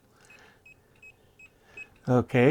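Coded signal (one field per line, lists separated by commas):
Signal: none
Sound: a voltage tester's beeps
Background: speech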